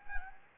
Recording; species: mosquito wingbeat signal from an infrared sensor; Anopheles gambiae